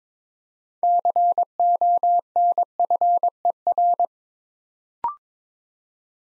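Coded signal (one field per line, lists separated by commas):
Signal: Morse code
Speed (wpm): 22 wpm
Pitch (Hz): 700 Hz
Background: none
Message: CONFER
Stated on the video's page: Morse practice building 6-letter words two letters at a time at 22 wpm, for instant character recognition training.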